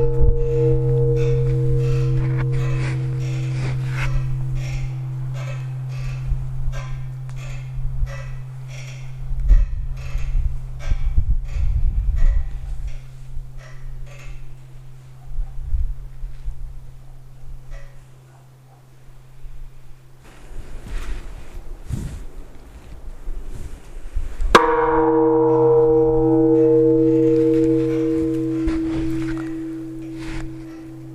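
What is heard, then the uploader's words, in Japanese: A temple bell for New Year's Eve hums low and steady, fades, then is struck again near twenty-five seconds amid scattered clatter and voices. 円龍寺除夜の鐘の音。香川県丸亀市にある浄土真宗寺院。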